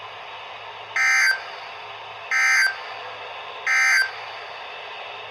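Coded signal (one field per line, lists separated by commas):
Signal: Emergency Alert System (SAME) tones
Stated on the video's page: Severe thunderstorm warnings and a special marine warning received on a radio.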